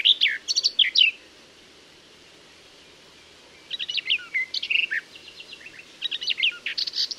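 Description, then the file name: Garden warbler singing a brief burst of warbled notes, falling silent for nearly three seconds, then resuming with a longer rambling phrase of soft whistles and chatters. "Fauvette des jardins"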